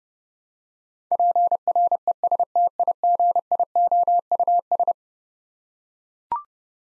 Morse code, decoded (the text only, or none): PRESTIGIOUS